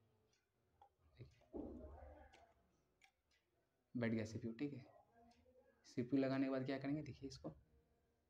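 A CPU has been placed in a motherboard socket and its retention lever is being handled, while someone talks over faint handling noises and a small tick. The clip ends before the lever latches, so nothing has seated or clicked yet.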